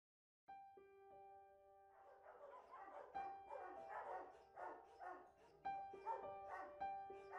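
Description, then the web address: Dog barking repeatedly, with steady high whining tones running underneath. Recorded inside a dog boarding house. "sound dog-boarding-house. صدای-فضای-داخلی-پانسیون-سگها"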